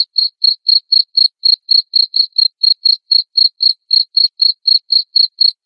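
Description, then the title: Cricket chirping, loud pulsed chirps repeated steadily about four per second in a shrill, even rhythm, with no other sounds. Loud cricket chirping played to make lovebirds sing continuously. "Suara JANGKRIK NGERIK Keras Bikin LOVEBIRD Jadi NGEKEK Terus Vubey"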